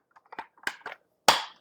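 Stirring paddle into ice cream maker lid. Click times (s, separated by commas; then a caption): 1.3 s. A plastic stirring paddle is rotated into its mount on the underside of the lid of a Cuisinart Mix It In Soft Serve Ice Cream Maker ICE-45P1. A few light plastic knocks and scrapes come as it is turned, then a sharp, loud snap at 1.3 s as the paddle seats into place.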